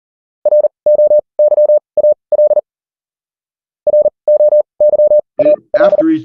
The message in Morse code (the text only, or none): ROYAL ROYAL